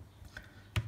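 The filled electric pot of an Arzum Okka Minio Turkish coffee machine, with the coffee already stirred, is set back onto its heating base. A faint tick at 0.4 s is followed by a sharp, louder tick at 0.8 s as the pot seats in place. The pot is seated on the base.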